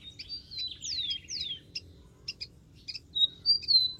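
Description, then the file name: Rufous-collared sparrow giving two falling slurred notes, then a long whistled note and the start of another phrase at the end, among frequent high chirps. "canto do tico tico"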